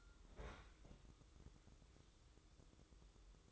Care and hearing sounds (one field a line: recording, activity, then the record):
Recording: daily activity, microphone in the room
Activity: open fridge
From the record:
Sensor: 3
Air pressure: 995.2 hPa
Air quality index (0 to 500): 79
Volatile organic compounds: 6 ppm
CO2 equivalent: 1866 ppm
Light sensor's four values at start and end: 20/58/25/21 and 20/58/25/21